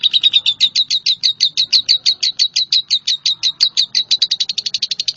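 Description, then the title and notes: Bird song of rapid, evenly spaced high chirps running steadily through the whole stretch, with a slight quickening near the end. "Bird Sound. Kicau Burung Lengkap"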